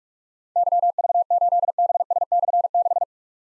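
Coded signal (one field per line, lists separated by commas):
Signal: Morse code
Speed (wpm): 44 wpm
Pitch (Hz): 700 Hz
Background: none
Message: YV8BS/6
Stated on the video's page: Morse practice at 45 WPM: difficult call signs with slashes, each sent in Morse, then spoken, then sent again.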